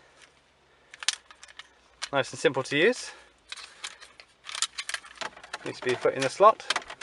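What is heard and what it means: A plastic key card for a Renault Laguna TomTom Edition is handled at the car's dashboard card reader slot, with light rattling clicks and taps around 1 s and again near 4.6–5.5 s while someone talks. Nothing has clicked into the slot yet.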